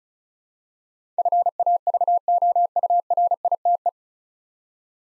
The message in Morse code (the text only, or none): FAVOURITE